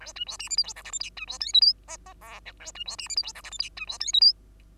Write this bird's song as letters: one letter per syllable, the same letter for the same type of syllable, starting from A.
A B C D E F G H I J K B C L M N O O P Q A B C D E F G H I J K B C L M N